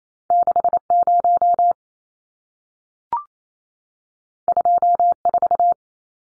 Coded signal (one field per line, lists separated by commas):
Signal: Morse code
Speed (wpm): 28 wpm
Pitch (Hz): 700 Hz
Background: none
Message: 60 24